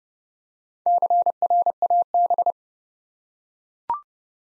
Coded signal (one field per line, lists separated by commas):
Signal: Morse code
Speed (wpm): 29 wpm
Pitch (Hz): 700 Hz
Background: none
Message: CRAB